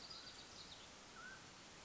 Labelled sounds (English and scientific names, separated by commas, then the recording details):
Mountain Quail (Oreortyx pictus)
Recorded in Sonoma County, California